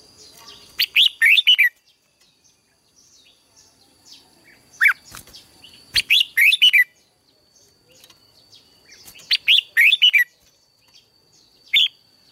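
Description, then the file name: Red-whiskered bulbul singing bright, bubbly warbled phrases repeated roughly every four seconds, with quiet gaps between them and a faint constant high-pitched tone behind. "Tieng chao mao hot"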